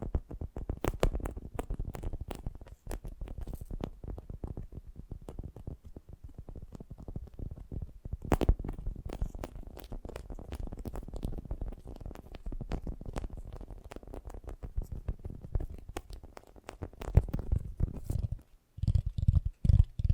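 Fast, gentle tapping runs in dense, uneven flurries of soft low knocks, with a sharper tap near eight seconds and slower, spaced taps near the end.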